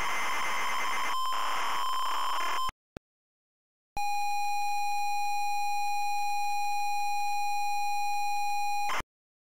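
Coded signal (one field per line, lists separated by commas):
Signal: ZX Spectrum tape loading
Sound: harsh buzzy data noise, a click, silence, then a steady five-second pilot tone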